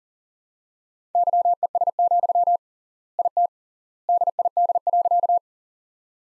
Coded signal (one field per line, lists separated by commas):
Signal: Morse code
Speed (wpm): 40 wpm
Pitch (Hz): 700 Hz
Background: none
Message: YES, IT DID.